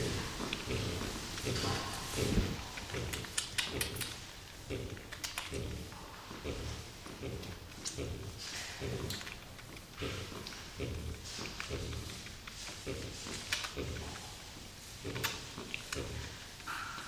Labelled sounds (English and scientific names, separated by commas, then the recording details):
White-lipped Peccary (Tayassu pecari) call
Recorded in captivity
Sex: diverse
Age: diverse
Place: Zoo Berlin, Berlin, DE
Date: 2002-09-30 17:14
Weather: fair, ca. 16-17°C
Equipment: Nagra SN, Kopie Uher 4000 Report Monitor
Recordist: Tembrock, Günter